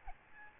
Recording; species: mosquito wingbeat signal from an infrared sensor; Aedes albopictus